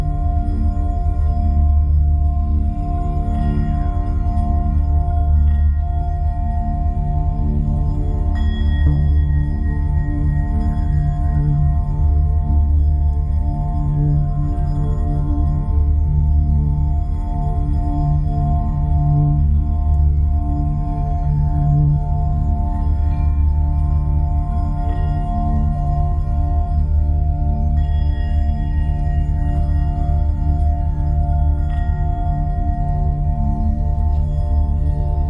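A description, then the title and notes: A binaural beat in the delta range: a dense, sustained low drone with many steady tones stacked above it, like ringing singing bowls. The deep bass swells and pulses slowly throughout, while faint brighter shimmers drift in and out near the top. Binaural Beat Delta.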